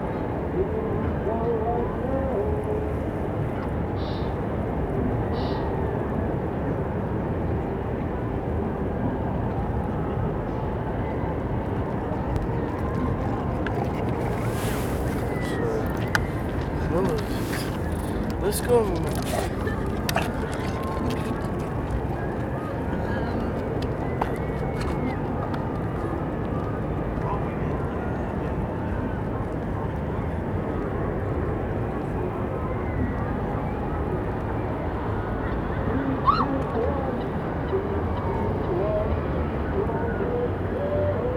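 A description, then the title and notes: A funfair across a lake fills the air with a steady, dense wash of low rumble and blurred crowd noise that barely changes over the whole stretch. Brief brighter clicks and knocks break through between about fifteen and twenty seconds, with a few high chirps early on. City park funfair. Captured early in the early evening in a city centre park. Across the lake, there is a large funfair which is being well attended. Steam is rising from the funfair as the temperature drops and people pack the place.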